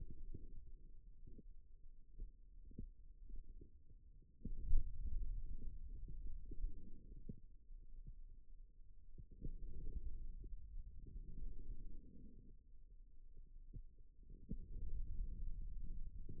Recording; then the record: forearm muscle sounds (acoustic myography)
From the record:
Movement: radial deviation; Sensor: system 2, bracelet of six BSWA MPA416 microphones around the upper forearm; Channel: 1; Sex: male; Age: 22 years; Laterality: right